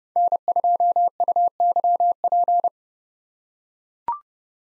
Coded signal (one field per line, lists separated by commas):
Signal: Morse code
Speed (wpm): 30 wpm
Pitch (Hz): 700 Hz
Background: none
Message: N2UYP